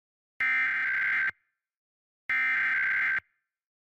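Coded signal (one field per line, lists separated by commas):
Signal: Emergency Alert System (SAME) tones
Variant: header bursts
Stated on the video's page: Pennsylvania Required Monthly Test SAME tones, plus a Coastal Flood Warning.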